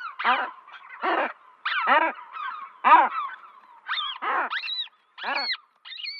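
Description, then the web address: Guillemot calls: short nasal honks with downward-bending tones, repeated roughly once a second. "Schulze Peter Guillemot"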